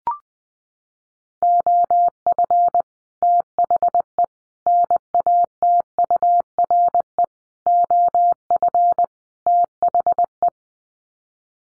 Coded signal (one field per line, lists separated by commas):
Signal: Morse code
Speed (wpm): 20 wpm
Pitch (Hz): 700 Hz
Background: none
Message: OF THE NATURE OF THE